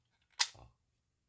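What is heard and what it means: A Hi-Capa Staccato XC GBB gas pistol is pushed all the way into an LFJ ARMY R618A belt holster, and a sharp, bright snap at 0.4 s is followed by a short, duller low knock that fades by about 0.7 s. The latch catches and pops out, so the pistol is seated and locked in the holster.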